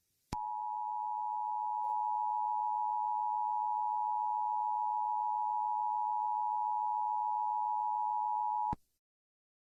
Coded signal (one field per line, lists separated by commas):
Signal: Emergency Alert System (SAME) tones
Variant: 853 and 960 Hz attention tone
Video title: Emergency Alert System (Dark Dress Gabrielle)